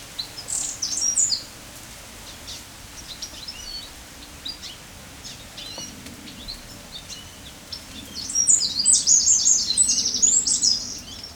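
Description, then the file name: Eurasian wren giving thin, very high scattered notes and short rattling bursts, loudest near the end, over steady low background rumble. "Troglodytes troglodytes"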